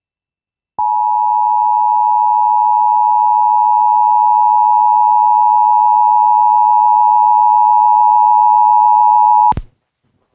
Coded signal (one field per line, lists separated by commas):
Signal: Emergency Alert System (SAME) tones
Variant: 853 and 960 Hz attention tone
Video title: (ARCHIVED) STO actually toned a CAE? (EAS #233-234)